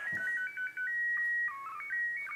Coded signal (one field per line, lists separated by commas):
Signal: SSTV (slow-scan television)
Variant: PD 120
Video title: How to Predict, receive and decode ISS SSTV image transmissions.